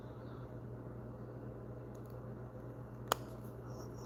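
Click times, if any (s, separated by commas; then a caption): 3.1 s. A small piece of a wooden or plastic 3D cherry blossom (sakura) tree tea pavilion book nook kit is pressed into its slot in the model base over a steady low hum. At 3.1 s, a single sharp, loud click sounds as the piece seats in place.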